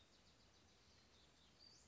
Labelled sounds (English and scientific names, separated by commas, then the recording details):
Western Flycatcher (Empidonax difficilis)
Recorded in Sonoma County, California